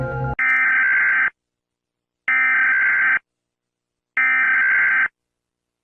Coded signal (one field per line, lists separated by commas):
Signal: Emergency Alert System (SAME) tones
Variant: header bursts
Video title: EAS scenario: █ █ █ █ █ █